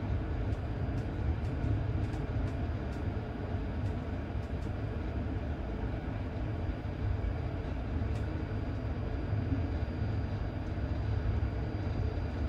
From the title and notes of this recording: Cinematic Train Journey. Powerful Locomotive Sounds.